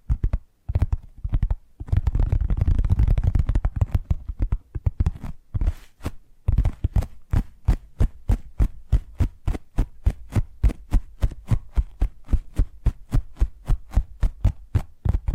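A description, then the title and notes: Tapping triggers: sharp, crisp taps in quick succession. The first six seconds are dense and irregular over a low rumbling thump, then the tapping settles into a steady, even rhythm of distinct clicky hits, about three per second, to the end. ASMR 10 Addictive Tapping Triggers. (No Talking).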